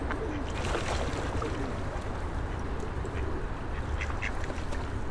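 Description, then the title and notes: Duck quacks, brief and irregular, break through a constant low roar of cars and buses. Ducks fed by passers-by on the Old Town Promenade, Stare Miasto, Wrocław, at 16:00, with passing cars and buses; recorded on Sony PCM-D50 with Rode NT4 microphone and FEL BMA preamplifier. "Kaczki i gołębie na Promenadzie Staromiejskiej cz.2 Lokalizacja: Stare Miasto Czas: , 16.00. Opis: Kaczki i gołębie karmione przez przechodniów. Odgłosy przejeżdżających samochodów i autobusów."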